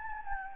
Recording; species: mosquito wingbeat signal from an infrared sensor; Anopheles gambiae